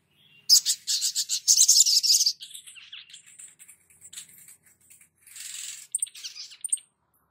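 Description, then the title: Spiderhunter song: a loud rapid high trill followed by softer varied twittering and squeaks. Labaik variant, from a masteran (cage-bird training) recording. "Sogok Ontong Labaik"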